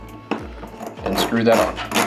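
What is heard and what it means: A plastic faceplate is handled and screwed onto an access point's mounting ring, with a sharp tap near 0.3 s followed by rubbing and scraping while someone talks. Nothing has seated or clicked yet.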